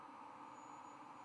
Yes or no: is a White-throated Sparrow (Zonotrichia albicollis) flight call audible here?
no